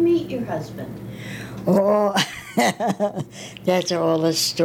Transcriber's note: she laughs